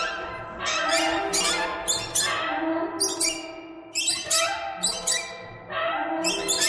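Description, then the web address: Birds chattering with squeaky, harsh notes in clustered bursts. "soundfactory birds"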